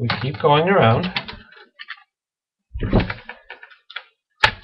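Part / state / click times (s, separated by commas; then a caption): plastic screen bezel clip on a laptop display lid / released / 4.4 s. Someone talks while prying continues around the plastic screen bezel on the display lid of an Acer Aspire Timeline X 4830 laptop during a screen replacement. A few small snaps follow, and a sharp, loud snap at 4.4 s marks a bezel clip releasing.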